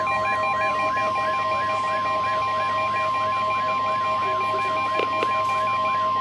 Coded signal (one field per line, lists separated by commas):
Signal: Emergency Alert System (SAME) tones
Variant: 1050 Hz attention tone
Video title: EAS/NWR Alert or message #596: Required Weekly Test